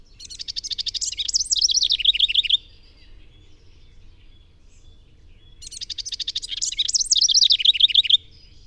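Bird singing two matching phrases about three seconds apart, each rapid clicking notes rising into a loud, looping trill of high slurred notes.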